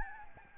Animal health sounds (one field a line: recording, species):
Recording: mosquito wingbeat signal from an infrared sensor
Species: Aedes albopictus